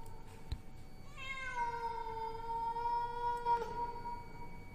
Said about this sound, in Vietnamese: Trong lúc mọi người còn đang dấm dứt khóc thì tự nhiên con mèo nó lại kêu lên.